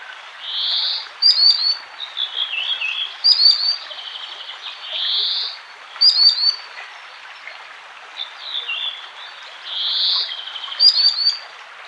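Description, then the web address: Common sandpiper calls: smooth whistled notes and quick bursts of thin high notes, repeated at intervals. "soud perevozchik"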